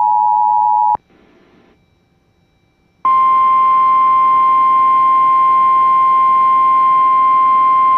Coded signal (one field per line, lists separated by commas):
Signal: Emergency Alert System (SAME) tones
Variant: 853 and 960 Hz attention tone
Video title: TERROR UNLEASHED (EAS #95-100!!!!!)